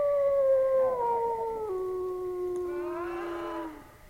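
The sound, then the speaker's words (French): Dogs howl in one long, sustained, wavering cry that slides slowly downward in pitch, holding strong for about four seconds before tapering off. No voices are heard. “Avez-vous jamais entendu des chiens aboyer de la sorte ?”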